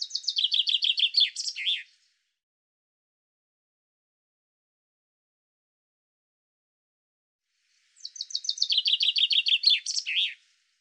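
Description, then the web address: Common chaffinch song, two phrases about six seconds apart, each a quick run of bright notes that descends in pitch and ends with a sharp flourish, in otherwise clean silence. "Deverinetal 2025 File cleaned normalized Bird Fr Co"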